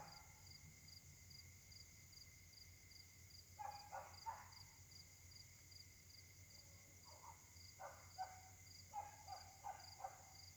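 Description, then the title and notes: Dogs barking faintly in short scattered clusters, while insects keep up a continuous high trill. Many dogs barking at night, described as a dog concert troubling residents, Caltex, 3 Mares, Réunion; recorded on a Samsung Galaxy S8 smartphone with a partly clogged left microphone. "Caltex, 3 mares, Réunion. La nuit s'annonce difficile pour les habitants: concert de chiens"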